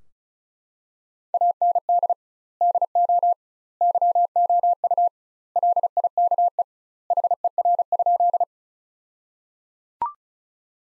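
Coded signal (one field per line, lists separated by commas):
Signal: Morse code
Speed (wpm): 34 wpm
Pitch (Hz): 700 Hz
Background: none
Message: AND DO YOU LIKE HER?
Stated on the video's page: Morse practice sentences from the top 100 words at 35wpm with 2x standard word spacing, analogous to Farnsworth, for head-copy training.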